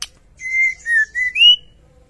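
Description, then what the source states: White-rumped shama song: four clear whistled notes, the second dipping lower and the last rising higher, delivered in a smooth phrase under two seconds. Cage-bird masteran training track, song described as full ngerol nembak.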